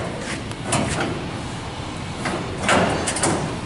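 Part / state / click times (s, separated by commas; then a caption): replacement sheet-metal panel into car body / not seated / none. A new sheet-metal repair panel is test-fitted into the rust-repaired body of a 1973 coupe, with short knocks and scrapes near 0.5, 0.7 and 3.2 seconds. The panel comes very close on this first try but has not popped into place yet, because it still needs detailed trimming.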